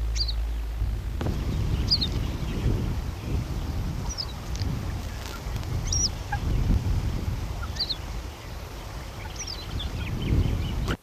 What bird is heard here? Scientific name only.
Motacilla flava